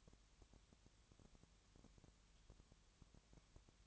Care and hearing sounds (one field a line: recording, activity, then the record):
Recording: daily activity, microphone in the room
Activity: no activity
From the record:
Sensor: 3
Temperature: 20.6 degrees Celsius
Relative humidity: 34.7%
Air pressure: 1007.2 hPa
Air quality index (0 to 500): 136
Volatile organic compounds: 3 ppm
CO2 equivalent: 1519 ppm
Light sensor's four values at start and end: 2/3/2/2 and 2/3/2/2